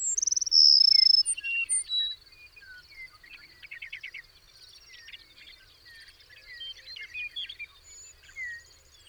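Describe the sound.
A bird's whistled trilling phrase opens, followed by many quieter rapid chattering notes from birds over a constant faint high hiss.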